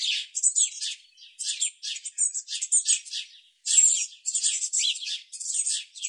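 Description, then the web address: Eurasian blue tit calls: dense, scratchy bursts of high chirping and churring notes, almost continuous, with a short pause midway. "Deverinetal"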